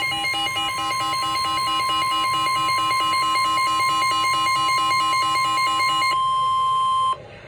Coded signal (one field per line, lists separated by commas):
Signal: Emergency Alert System (SAME) tones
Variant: 1050 Hz attention tone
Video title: EAS #66 (SVR)